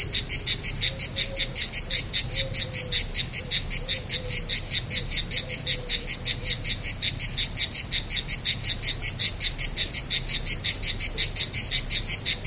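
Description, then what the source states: Cicada buzzing in rapid regular high pulses, while a soft lower whistled call sounds for a few seconds early on. Recorded on 3 September 2009, starting at 07:29 in the morning.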